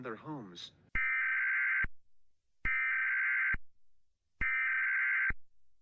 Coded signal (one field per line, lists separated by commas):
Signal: Emergency Alert System (SAME) tones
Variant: header bursts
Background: speech